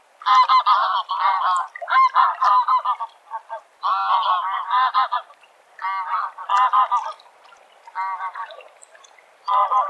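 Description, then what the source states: Goose honking calls, nasal and harmonic, given in loud overlapping bursts with short pauses between groups, several birds calling together. Wild goose, recorded 3 December 2021.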